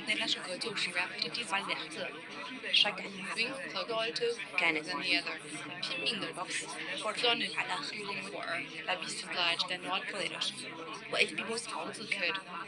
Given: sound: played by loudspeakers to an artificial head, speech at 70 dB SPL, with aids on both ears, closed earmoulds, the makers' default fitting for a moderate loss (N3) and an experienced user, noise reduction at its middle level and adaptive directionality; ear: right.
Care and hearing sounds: speech test signal (ISTS) in cocktail-party noise; -6 dB; on the right (90 degrees)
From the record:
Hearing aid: class 2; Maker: I

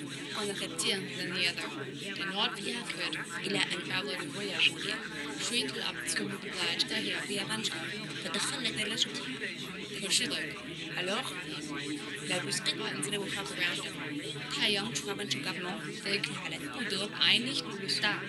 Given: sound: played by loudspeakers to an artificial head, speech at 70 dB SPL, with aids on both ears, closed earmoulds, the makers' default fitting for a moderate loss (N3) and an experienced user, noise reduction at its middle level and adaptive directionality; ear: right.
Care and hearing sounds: speech test signal (ISTS) in cocktail-party noise; -6 dB; on the right (90 degrees)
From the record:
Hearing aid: class 1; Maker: E

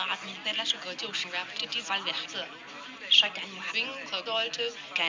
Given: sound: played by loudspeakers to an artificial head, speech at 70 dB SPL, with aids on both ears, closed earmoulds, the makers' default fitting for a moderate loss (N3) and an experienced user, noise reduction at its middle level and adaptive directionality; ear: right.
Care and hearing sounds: speech test signal (ISTS) in cocktail-party noise; 0 dB; on the right (90 degrees)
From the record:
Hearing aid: class 1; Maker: G

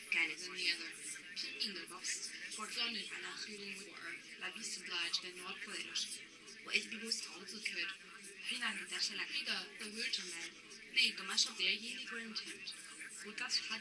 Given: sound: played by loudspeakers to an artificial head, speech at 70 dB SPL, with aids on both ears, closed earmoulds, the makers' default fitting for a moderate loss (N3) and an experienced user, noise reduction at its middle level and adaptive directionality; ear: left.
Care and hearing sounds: speech test signal (ISTS) in cocktail-party noise; +3 dB; on the right (90 degrees)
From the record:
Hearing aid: class 2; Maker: J

